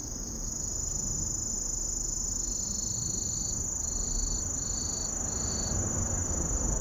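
Kusahibari cricket song, a steady shrill tone joined after a few seconds by short high trilled bursts repeated regularly, over low rumbling noise.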